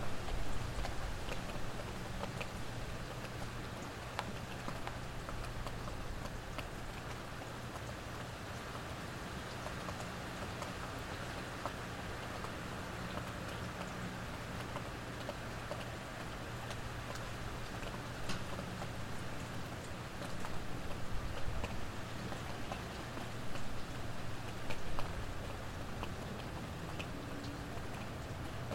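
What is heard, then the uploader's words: Steady summer rain falls in Mount Vernon, NY, a dense, even hiss with scattered sharp drips and ticks throughout. A low hum, likely passing traffic, runs underneath, and the rain swells slightly louder around 21 to 25 seconds. A stereo recording of an early summer rainstorm in Mount Vernon, NY.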